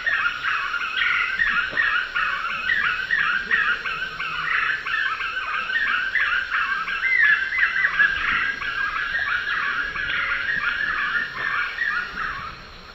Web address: Natures Songs S America Eastern Lowlands Monasa nigrifrons, song